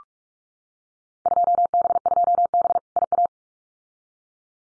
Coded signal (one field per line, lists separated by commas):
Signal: Morse code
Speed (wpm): 46 wpm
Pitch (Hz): 700 Hz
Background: none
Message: 2B2B IA